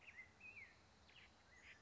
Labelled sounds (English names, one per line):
Acorn Woodpecker